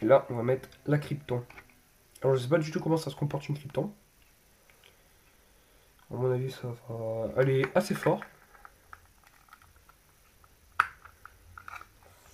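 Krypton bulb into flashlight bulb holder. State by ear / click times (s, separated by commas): seated / 10.8 s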